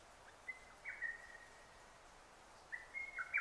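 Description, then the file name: Lesser cuckoo song: two quick, clipped phrases of whistled notes, one early and one at the end, over faint hiss. Recorded 6 June 2009. "hototogisu-20090606"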